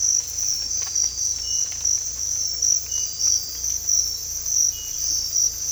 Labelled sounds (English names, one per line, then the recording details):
none
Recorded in dense forest near Puerto Asís, Putumayo, Colombia, on 18 December 2024 at 04:30
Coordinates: 0.486, -76.317
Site G003